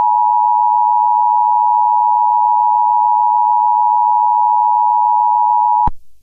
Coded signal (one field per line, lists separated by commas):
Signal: Emergency Alert System (SAME) tones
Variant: 853 and 960 Hz attention tone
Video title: Pearl Harbor: An EAS Scenario (INTERNATIONAL PREMIERE)